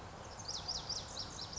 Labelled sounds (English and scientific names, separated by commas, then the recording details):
Lazuli Bunting (Passerina amoena)
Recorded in Sonoma County, California